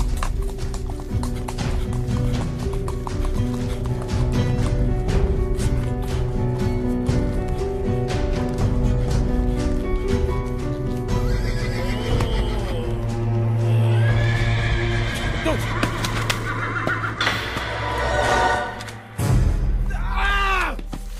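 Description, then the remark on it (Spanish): A horse gallops with steady, loud hoofbeats and repeated shrill whinnies, then a brief break and a heavy thump as a rider falls off, followed by more frantic neighing. “cae del caballo.”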